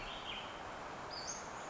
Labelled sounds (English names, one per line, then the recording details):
Western Flycatcher
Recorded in Sonoma County, California